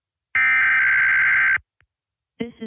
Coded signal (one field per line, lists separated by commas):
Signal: Emergency Alert System (SAME) tones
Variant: header bursts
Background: speech